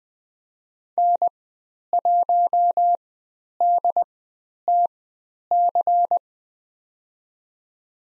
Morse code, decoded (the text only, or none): N1DTC